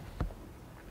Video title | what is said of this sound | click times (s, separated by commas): ‘36 Cord EV conversion nearing completion! | check there you go clicked in that is much ganger click | 0.2 s